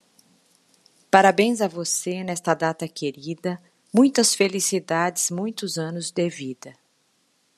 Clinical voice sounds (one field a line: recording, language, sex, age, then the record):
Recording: short text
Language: Brazilian Portuguese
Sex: female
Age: 50 to 59 years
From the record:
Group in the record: control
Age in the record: 55 years